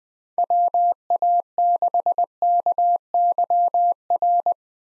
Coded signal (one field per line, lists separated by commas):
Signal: Morse code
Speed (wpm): 20 wpm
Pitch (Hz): 700 Hz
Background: none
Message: WA6KYR